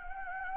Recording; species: mosquito wingbeat signal from an infrared sensor; Anopheles gambiae